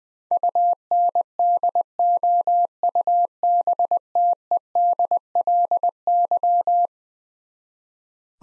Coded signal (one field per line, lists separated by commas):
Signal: Morse code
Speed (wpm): 20 wpm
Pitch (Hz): 700 Hz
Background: none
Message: UNDOUBTEDLY